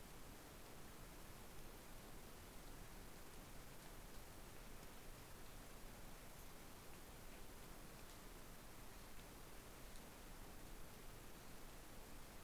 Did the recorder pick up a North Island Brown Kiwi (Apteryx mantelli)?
no